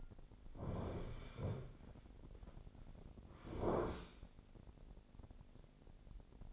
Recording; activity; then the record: daily activity, microphone in the room; sit down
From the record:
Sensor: 5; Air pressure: 1009.3 hPa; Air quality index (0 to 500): 154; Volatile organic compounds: 2 ppm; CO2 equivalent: 1184 ppm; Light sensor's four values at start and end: 250/599/254/277 and 248/594/252/275